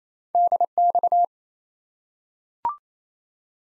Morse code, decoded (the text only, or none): DX